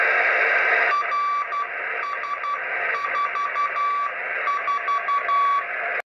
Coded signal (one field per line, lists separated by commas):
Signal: Morse code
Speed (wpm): 12 wpm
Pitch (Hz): 1150 Hz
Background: radio noise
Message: RS44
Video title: Heard cw Beacon on Satellite DOSAAF-85 (RS-44) 25 MARCH 2022